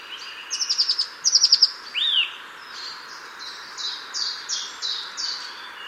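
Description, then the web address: Bird calls: two fast high trills, one slurred whistle, then a series of short flat high notes, with background hiss. "Deverinetal 2025 File origin Bird Only Cy Ca"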